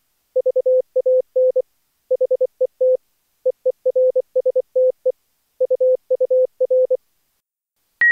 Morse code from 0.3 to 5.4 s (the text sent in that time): VAN HET EERSTE